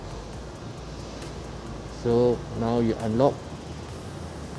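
The steering lock on a 2020 Yamaha Aerox scooter is being handled as the handlebar is turned to the left side, the only side it locks on. Someone talks briefly over a steady, low background noise. Nothing has seated or clicked yet.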